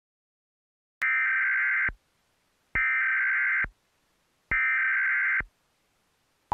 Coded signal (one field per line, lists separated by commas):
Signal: Emergency Alert System (SAME) tones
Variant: header bursts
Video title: Eas Alert Example For The EAS Spanish Fan Radio